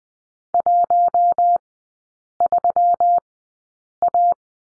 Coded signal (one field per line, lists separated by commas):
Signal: Morse code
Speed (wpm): 20 wpm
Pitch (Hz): 700 Hz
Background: none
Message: 13A